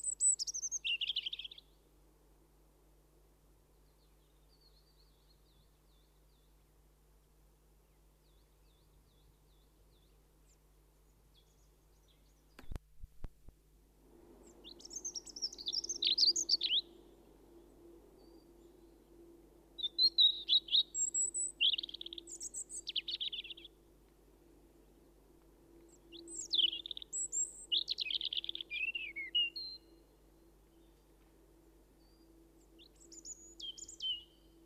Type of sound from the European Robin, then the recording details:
song. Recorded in the wild. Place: Homburg, Saarland, DE. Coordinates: 49.2397, 7.3398. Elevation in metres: 243. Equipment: Nagra IV, Sennheiser MKH 405, Parabolreflektor. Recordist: Tretzel, Erwin